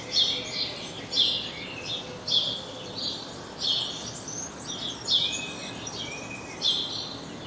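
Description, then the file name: House sparrow giving repeated sharp chirps in groups about once a second, with faint whistles and steady background hiss. "Passer domesticus"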